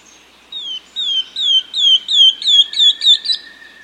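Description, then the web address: Rufous gnateater call: a series of sharp, downslurred whistled notes that come faster toward the end, over a steady thin hum. South America. "Natures Songs S America Rufous Gnateater"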